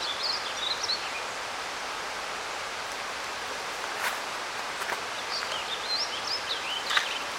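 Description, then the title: Songbird singing faint, high warbled phrases at the start and again near the end, half masked by steady rushing noise. Unfamiliar-sounding song heard at the start of a hike up Indian River Trail; bird singing up in the canopy beside a noisy river. "Mystery Bird"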